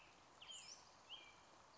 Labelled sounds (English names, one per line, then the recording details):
American Robin
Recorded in Sonoma County, California